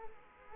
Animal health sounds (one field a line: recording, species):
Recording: mosquito wingbeat signal from an infrared sensor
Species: Culex quinquefasciatus